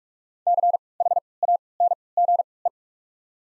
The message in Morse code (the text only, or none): CHANGE